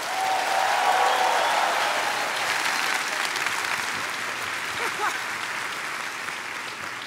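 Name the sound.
audience applause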